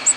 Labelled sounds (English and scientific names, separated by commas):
Ovenbird (Seiurus aurocapilla) flight call